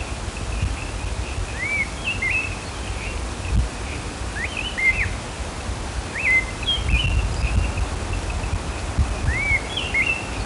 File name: Turdus fuscater - Great Thrush